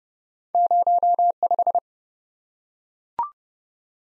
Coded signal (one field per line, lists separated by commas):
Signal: Morse code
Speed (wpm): 30 wpm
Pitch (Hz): 700 Hz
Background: none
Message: 05